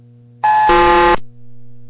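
A loud, buzzy radio beep tone on air traffic radio with an aircraft on approach awaiting landing clearance, lasting under a second, shifting partway into a fuller, lower-pitched second note before cutting off, over a steady low electrical hum.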